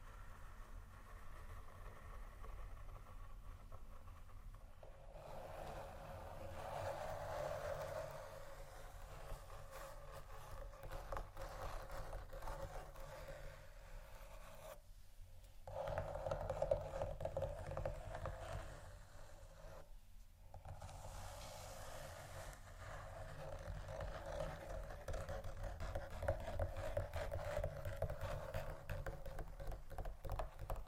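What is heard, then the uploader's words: Scratching and tapping on a textured surface continues for the full half minute as a dense, steady rasp with a low rumble underneath. The scraping swells and brightens from about five seconds, with brief pauses near fifteen and twenty seconds. ASMR Scratchingtapping On Textures（No Talking）.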